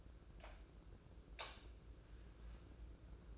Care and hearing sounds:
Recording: daily activity, microphone in the room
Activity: light on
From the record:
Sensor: 2

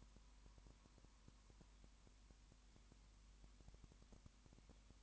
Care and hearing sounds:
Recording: daily activity, microphone in the room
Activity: no activity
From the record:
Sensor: 1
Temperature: 19.2 degrees Celsius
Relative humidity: 37.9%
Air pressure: 1001.1 hPa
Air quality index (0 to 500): 198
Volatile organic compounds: 7 ppm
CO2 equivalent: 2000 ppm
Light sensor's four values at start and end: 1/2/1/1 and 1/2/1/1

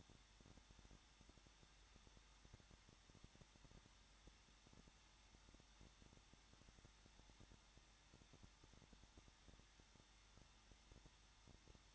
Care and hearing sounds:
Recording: daily activity, microphone in the room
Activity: no activity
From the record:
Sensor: 3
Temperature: 21.2 degrees Celsius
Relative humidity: 36.4%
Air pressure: 1006.3 hPa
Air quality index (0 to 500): 223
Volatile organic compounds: 43 ppm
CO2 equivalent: 3191 ppm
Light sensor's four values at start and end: 2/3/2/2 and 2/3/2/2

